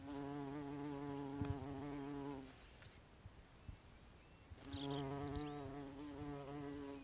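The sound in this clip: Bumblebee buzz: a low, steady droning hum with rich overtones, fading out briefly midway before the buzzing returns; faint clicks and background noise.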